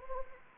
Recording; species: mosquito wingbeat signal from an infrared sensor; Anopheles gambiae